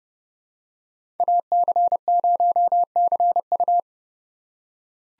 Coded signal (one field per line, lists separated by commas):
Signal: Morse code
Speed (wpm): 30 wpm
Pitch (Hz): 700 Hz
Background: none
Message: AC0CU